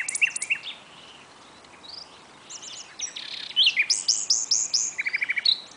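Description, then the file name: Common nightingale song with scattered high chirps, a quiet pause, then loud varied phrases and a rapid series of repeated clipped notes. "Luscinia megarhynchos"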